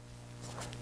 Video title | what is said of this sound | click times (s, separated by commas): LEGO® Bionicle 2001 Tohunga/Matoran - Review | like this and then we just snap the head on | 0.7 s